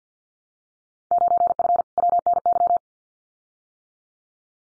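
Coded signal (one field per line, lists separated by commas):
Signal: Morse code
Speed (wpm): 50 wpm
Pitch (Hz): 700 Hz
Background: none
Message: 9F WNY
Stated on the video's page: Morse head-copy drill of randomly selected Field Day exchanges at 50 wpm.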